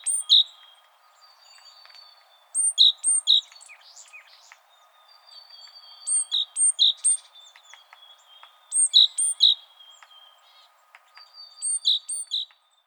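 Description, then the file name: Great tit song: clear, repeated pairs of high and lower whistled notes in bursts about every three seconds, with a faint steady tone behind. "Parus major"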